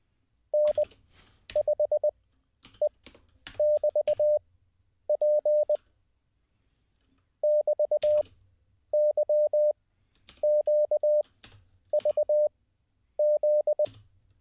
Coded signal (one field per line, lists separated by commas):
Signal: Morse code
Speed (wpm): 20 wpm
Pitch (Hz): 600 Hz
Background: none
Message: N5E<BT>P <BT>YQVZ